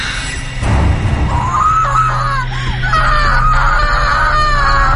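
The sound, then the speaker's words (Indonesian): A loud, drawn-out scream from a possessed woman performer playing a ghost at a haunted house attraction, screaming in fear, with a wavering, shrill pitch that rises and falls for several seconds over a steady low rumble. No talking. “terdengar suara teriakan yang sangat kencang.”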